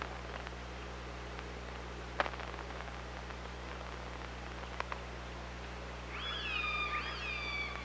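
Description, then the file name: Orca calls: scattered clicks early, then from about six seconds several overlapping tonal calls that rise and fall, set against a steady low electrical hum and hiss. Recorded by hydrophone on 24 August 2017 at 05:41. "Orca Lab"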